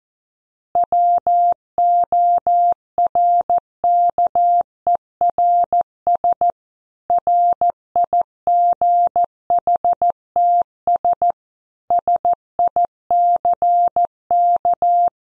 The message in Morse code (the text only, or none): WORKERS RIGHTS SICK